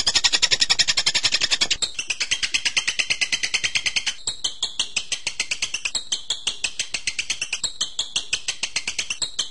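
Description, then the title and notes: Bird song of quick repeated high notes, loud at first, then softer and changing phrase several times in an unbroken pulsing stream. Birdsong for training (masteran). "MASTERAN BURUNG. suarane manok"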